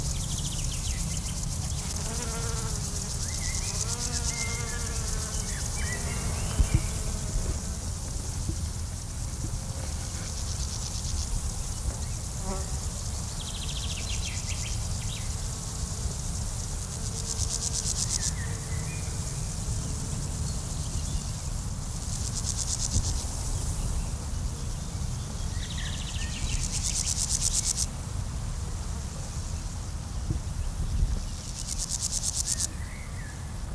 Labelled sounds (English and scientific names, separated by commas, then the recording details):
Meadow Grasshopper (Chorthippus parallelus) stridulation
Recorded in the wild
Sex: male
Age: imago
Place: Blankenfelde, Tegeler Fließ, Berlin, DE
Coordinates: 52.604, 13.4
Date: 1993-07-10 10:36
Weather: 24°C, sonnig-heiter
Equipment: Marantz CP 430, Sennheiser ME 80, Kopie Uher Variocord 263
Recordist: Tembrock, Günter